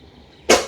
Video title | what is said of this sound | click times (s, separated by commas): Fixing Computers Made Easy for KIDS! | فشار دهید تا صدای کلیک | 0.5 s